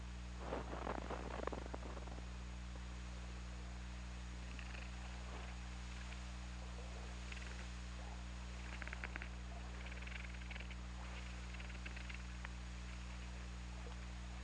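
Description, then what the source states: Killer whale clicks in a dense train during the first two seconds, then faint, short pulsed sounds scattered through the rest, over steady low underwater hum. OrcaLab hydrophone, 17 February 2018 at 08:03:50.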